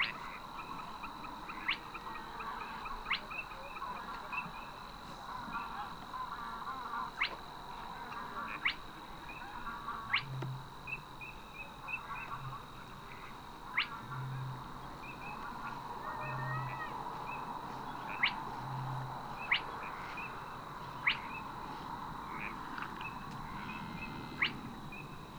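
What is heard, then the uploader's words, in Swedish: A Savi's warbler's steady, high reeling runs unbroken beneath the spotted crake's monotonous whistle, a short whip-like note repeated every second or two. Other birds chatter in scattered bursts, and a low hum comes and goes midway through. Dalbyvikens ljudlandskap i maj. Längre fram på kvällen hör du vassångarens smattrande ljudmatta och den småfläckiga sumphönans monotona vissling. Ljuden är inspelade med Telingas SSM-mikrofon och en Olympus LS-14 samt PRO-8 MK2 parabolmikrofon och en Zoom H4.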